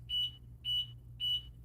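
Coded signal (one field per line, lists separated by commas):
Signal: beep code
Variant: mobility scooter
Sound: three short high-pitched beeps, evenly spaced, over a low electrical hum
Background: low hum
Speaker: 5 beeps. That's a beep, a diagnostic beep code that translates to, if you look at the user manual, there's a beep code sheet. And if you listen to the number of beeps, it's beeping 5 times. And that's telling you that the automatic braking system's off.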